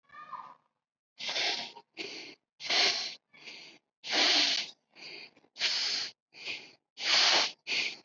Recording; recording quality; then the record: shallow breathing; excellent, no background noise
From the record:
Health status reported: healthy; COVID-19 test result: negative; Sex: female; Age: 19 years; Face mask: not worn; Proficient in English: yes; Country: India